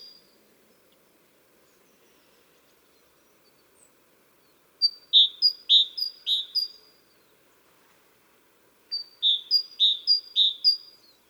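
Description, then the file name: Great tit calling in two bursts of several high, ringing two-part notes, with a quiet low rumble in the background. "Parus major"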